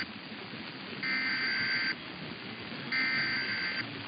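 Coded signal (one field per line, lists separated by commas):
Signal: Emergency Alert System (SAME) tones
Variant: header bursts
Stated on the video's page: Compilation of EAS Required Monthly Tests and Required Weekly Tests.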